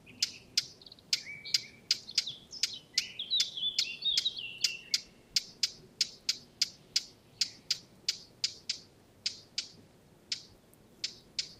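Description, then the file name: Eurasian blackcap repeating hard tack notes about twice a second for the whole stretch, with a scratchy warbled phrase woven in during the first few seconds. "Sylvia atricapilla"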